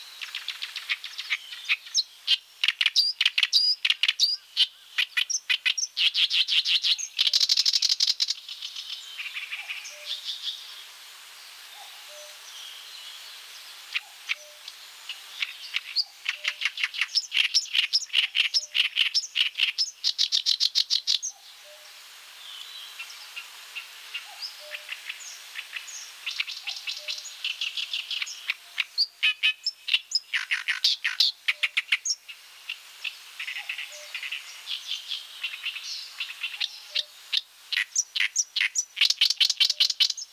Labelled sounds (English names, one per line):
Oriental Reed Warbler song